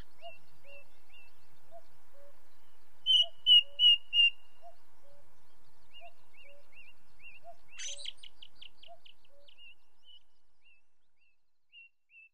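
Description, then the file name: Ring ouzel song: soft piping notes with lower notes interleaved, a run of four louder ringing notes, more soft piping notes, a sharp chattering burst, then a few softer notes. Heard against a background of light nature noise. "belozobij drozd na fone legkij shum prirodi"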